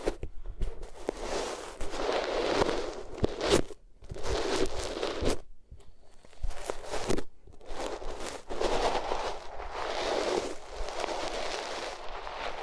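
Ears being rubbed against different materials: dense, crinkly scratching in bursts, with short pauses and sharp crackles near three and seven seconds.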